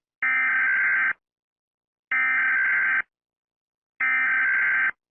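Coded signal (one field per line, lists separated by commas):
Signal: Emergency Alert System (SAME) tones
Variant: header bursts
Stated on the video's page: Fictional EAS scenario for a made-up hurricane.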